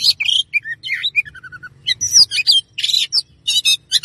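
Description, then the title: Oriental magpie-robin song opening with sweet slurred whistles and a falling string of soft notes, then bursts of harsh, buzzy and chattering phrases. "Kacer"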